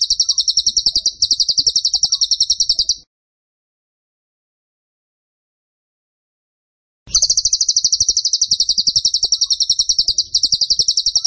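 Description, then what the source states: Bird song: a rapid high chattering trill of sharp chirps, about three seconds, then four seconds of silence before the trill resumes. Masteran (training) recording of a bird singing vigorously (gacor) in the tembakan style.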